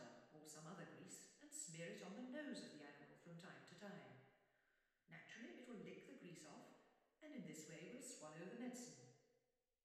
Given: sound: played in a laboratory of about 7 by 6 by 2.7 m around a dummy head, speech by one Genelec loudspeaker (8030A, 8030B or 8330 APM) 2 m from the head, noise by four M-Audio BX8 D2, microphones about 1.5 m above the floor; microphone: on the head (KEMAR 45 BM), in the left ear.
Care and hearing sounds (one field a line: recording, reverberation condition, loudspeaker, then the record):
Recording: female speech in English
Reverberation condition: high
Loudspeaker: 150 degrees to the left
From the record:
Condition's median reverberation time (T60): about 1300 ms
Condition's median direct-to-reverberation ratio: about -4.0 dB